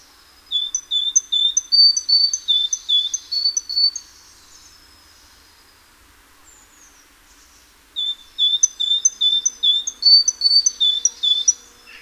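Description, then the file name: Great tit song: bright two-note whistles, high then lower, repeated rapidly in a bout of about four seconds, a pause, then a second similar bout. "Parus major"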